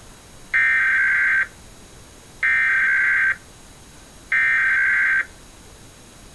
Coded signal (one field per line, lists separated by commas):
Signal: Emergency Alert System (SAME) tones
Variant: header bursts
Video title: Second National Emergency Alert System Test - September 28, 2016 2:20 PM DISH/WNEP